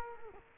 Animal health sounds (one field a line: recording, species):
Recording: mosquito wingbeat signal from an infrared sensor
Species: Culex quinquefasciatus